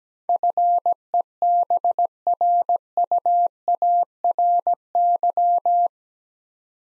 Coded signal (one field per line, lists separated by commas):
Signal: Morse code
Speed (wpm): 17 wpm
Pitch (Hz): 700 Hz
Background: none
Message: FEBRUARY